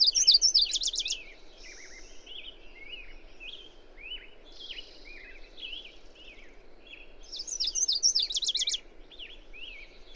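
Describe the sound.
Bird song with high trilled phrases at the start and near the end, with steady lower chirps and twitters in between.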